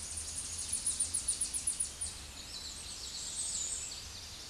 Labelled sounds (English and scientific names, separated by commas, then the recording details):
Tennessee Warbler (Leiothlypis peregrina) song
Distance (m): 20 m
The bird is about 5 m above the microphone
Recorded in a Pennsylvania forest on 16 May 2024 at 08:27
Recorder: AudioMoth, point MSD-0521
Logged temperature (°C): 15.8 °C
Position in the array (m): 33 m, 101 m